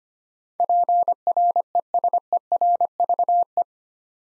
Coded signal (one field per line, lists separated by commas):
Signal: Morse code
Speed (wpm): 25 wpm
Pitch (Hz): 700 Hz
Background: none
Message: PRESERVE